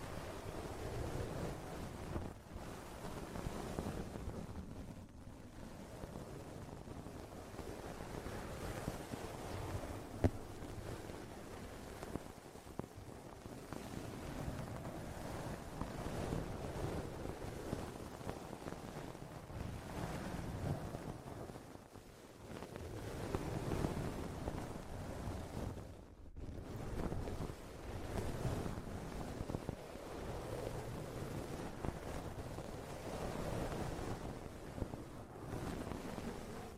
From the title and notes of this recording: TimASMR- strong ear attention Grab the microphone slowly. (no talking).